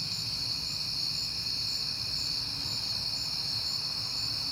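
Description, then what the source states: Crickets trill steadily in a high, pulsing chorus while a low rumble sits underneath. Crickets recorded at night in September on a peaceful night, with passing cars.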